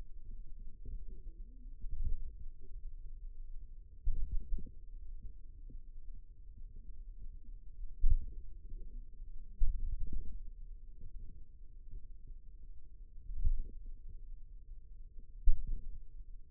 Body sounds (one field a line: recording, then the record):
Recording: forearm muscle sounds (acoustic myography)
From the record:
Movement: pen grasping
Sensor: system 2, bracelet of six BSWA MPA416 microphones around the upper forearm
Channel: 4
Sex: male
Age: 22 years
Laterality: right